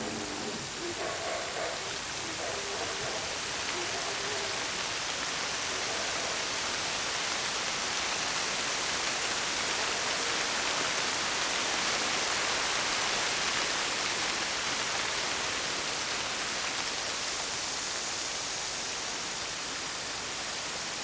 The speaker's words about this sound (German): Die Erde verdunkelte sich und es begann ein schwarzer Regen. Tagregen, Nachtregen.